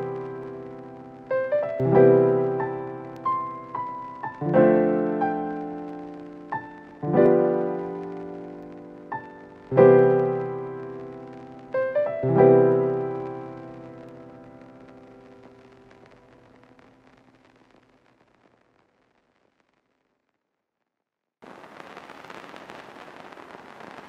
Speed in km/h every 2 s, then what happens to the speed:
67, 69, 70, 69, 64, 65, 65, 64, 65, 66, 67, 67.
0-24 steady at about 66.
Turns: none.